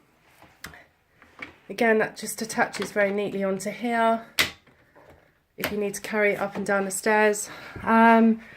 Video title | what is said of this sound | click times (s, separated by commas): Hotpoint HSMR2A2UBUK collection powermove hoover AOL. Com review | click into place again again | 0.7 s